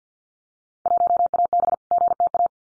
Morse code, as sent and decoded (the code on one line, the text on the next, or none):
.---- .- -... / --. - .-
1AB GTA